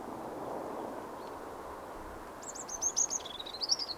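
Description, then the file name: Eurasian wren song: after a quiet start with low rumbling noise, a short burst of piercing, rapid high trills in the last second and a half. "Troglodytes troglodytes"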